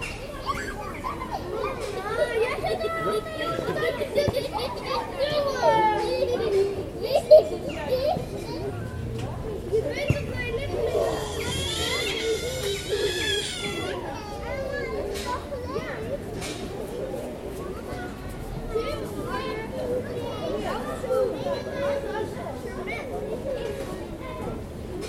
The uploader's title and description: Playground Fahrenheitstraat. General atmosphere at the playground on the Fahrenheitstraat in The Hague.